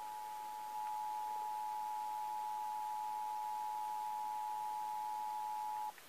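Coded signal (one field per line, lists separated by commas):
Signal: Emergency Alert System (SAME) tones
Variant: 853 and 960 Hz attention tone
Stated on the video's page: Required Monthly Test received off-air from FM radio stations in Plymouth and Marshfield, Massachusetts, one via TuneIn app on an iPad Air 2.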